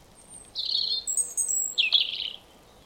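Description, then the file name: European robin giving a short high phrase: a sustained thin whistle followed by a buzzy, wavering trill, against a quiet background. "Erithacus rubecula"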